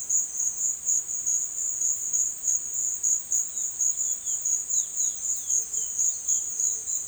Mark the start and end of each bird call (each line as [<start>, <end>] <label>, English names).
[3.32, 7.08] Chestnut-bellied Seed Finch